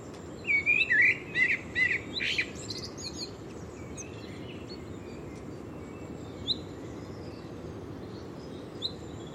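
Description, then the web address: Bird twittering opens with a rapid string of high, bright chirps, then fades to a couple of faint isolated notes over soft steady background noise. "Deverinetal 2025. Bird Only"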